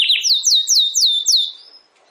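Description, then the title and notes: Domestic canary song: a quick series of several descending whistled slurs, ending in a thin fading note. Belgian canary singing; recording labelled Campainha. "Canário Belga Campainha Canary Singing. Canario Belga Cantando"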